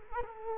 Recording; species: mosquito wingbeat signal from an infrared sensor; Culex quinquefasciatus